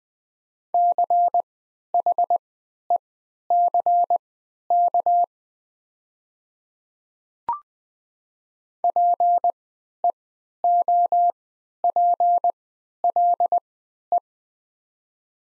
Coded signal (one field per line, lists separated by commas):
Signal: Morse code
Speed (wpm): 20 wpm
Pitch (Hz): 700 Hz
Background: none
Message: CHECK PEOPLE